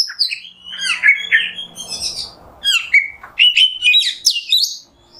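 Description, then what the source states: Oriental magpie-robin song: descending whistles and buzzy slurred notes, then a rising bright phrase after a short break. Masteran kacer in the nembak song style, a tutor song for training captive songbirds.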